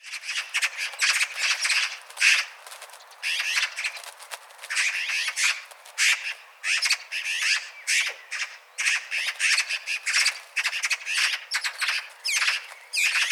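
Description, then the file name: Eurasian magpie chattering loudly, rapid harsh rattling bursts repeated almost continuously with brief pauses, a dry machine-gun-like chatter filling the whole recording. "Pica pica"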